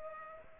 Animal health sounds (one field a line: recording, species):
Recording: mosquito wingbeat signal from an infrared sensor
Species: Culex pipiens